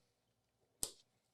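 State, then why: Seated. The handle of a collapsible double-fold photo reflector is pulled out a little longer to extend it. A single sharp click at 0.8 s shows the extension locking into place, followed by a brief fading ring, with otherwise quiet background and no speech.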